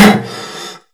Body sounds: coughing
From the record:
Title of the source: Man Coughing Sound - Wet Cough Sound Effect

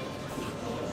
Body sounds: coughing mixed with background sound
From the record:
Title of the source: 60 coughing still (deep and wet cough)

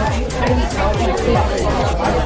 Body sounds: background sound without coughing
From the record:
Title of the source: Nightlife Party Simulating Party Club Noise 1 Hour

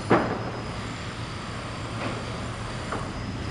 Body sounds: background sound without coughing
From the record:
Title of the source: 30 MINUTES Construction Site Ambience (CC BY 4.0)

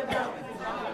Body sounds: coughing mixed with background sound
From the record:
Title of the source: Coughing Man Sound - Man Cough Sound Effect

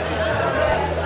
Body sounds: background sound without coughing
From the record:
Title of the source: CITY SOUNDS Busy Bar in the Evening Night - 2 HOURS of Ambiance for Relaxation

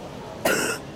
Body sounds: coughing mixed with background sound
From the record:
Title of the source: 30 Chesty and wet cough

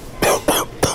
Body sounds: coughing mixed with background sound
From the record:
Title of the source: Coughing 79

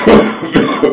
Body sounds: coughing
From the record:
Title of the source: Spring Cold Coughing 3

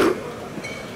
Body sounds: coughing mixed with background sound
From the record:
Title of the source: Coughing 77

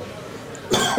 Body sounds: coughing mixed with background sound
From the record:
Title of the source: Mid-morning Winter Coughing Fit

